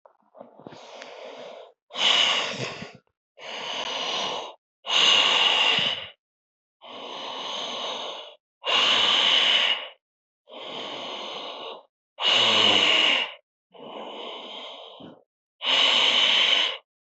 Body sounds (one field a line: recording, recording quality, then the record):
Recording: deep breathing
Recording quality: excellent, no background noise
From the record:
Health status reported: healthy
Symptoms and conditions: none ticked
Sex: male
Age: 51 years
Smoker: not ticked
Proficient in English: yes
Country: India